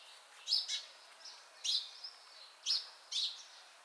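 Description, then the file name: House sparrow chirping: several bright, short chirps spread over a few seconds, with a faint hiss behind. "Passer domesticus"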